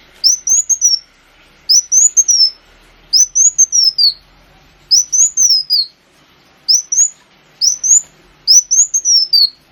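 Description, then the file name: Sunbird song: very high, thin sweeping notes in quick clusters of two to four, each burst rising then falling slightly, repeated at short intervals over a quiet background. Kolibri wulung, used as a lure recording (pancingan) to attract birds. "suara burung kolibri wulung pancingan"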